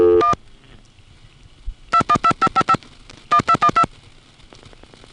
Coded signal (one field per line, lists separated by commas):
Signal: DTMF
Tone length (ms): 70 ms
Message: 1 212555 1212